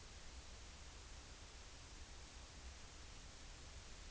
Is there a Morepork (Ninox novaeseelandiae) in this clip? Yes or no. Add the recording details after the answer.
no. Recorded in New Zealand on 30 April 2013. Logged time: 02:19. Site Ponui